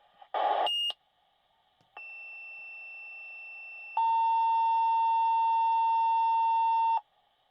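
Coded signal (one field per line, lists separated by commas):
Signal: two-tone page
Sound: short harsh burst, then a steady tone for 2 seconds, then a louder steady tone for 3 seconds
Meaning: Sequential tones that activate a fire department pager for dispatch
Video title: Fire Department Dispatch Pager Sound Effect | Emergency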